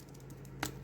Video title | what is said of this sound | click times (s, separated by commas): Marvel Legends Thor Love & Thunder Mighty Thor Jane Foster | pop that off of there you'll hear it pop | 0.6 s